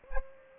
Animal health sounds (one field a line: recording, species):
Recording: mosquito wingbeat signal from an infrared sensor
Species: Aedes aegypti